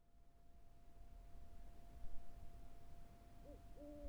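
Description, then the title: Owl hooting: two short, soft hoots near the end, the second longer and more drawn out, over low rumble and a steady faint tone. Recorded on the Carrizo Plain. "neoscenes: Carrizo Plains owl"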